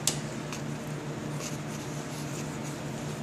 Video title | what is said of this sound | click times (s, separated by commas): 05 300c condenser replacement pt3 | he just put the cap back on till it clicks it's just to keep the both clips in place | 0.1 s